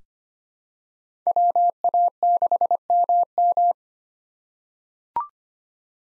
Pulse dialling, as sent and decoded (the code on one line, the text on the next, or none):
none